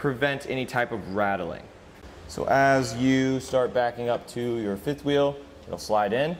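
A man talks while the one-piece jaws of a Demco Hijacker Autoslide fifth wheel hitch head on a 2021 Chevrolet Silverado 3500 are handled, jaws that wrap 360 degrees around the kingpin to prevent rattling. The jaws are about to close as if a kingpin were sliding in, but nothing has seated or clicked into place yet.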